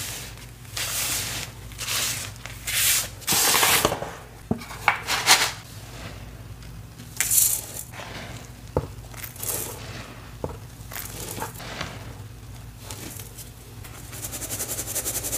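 Cornstarch being crushed and sifted, with irregular crunchy bursts and sharp crackles scattered through, the loudest cluster around three to four seconds. Between crunches a soft, steady hiss of powder continues, and a low steady hum runs underneath throughout.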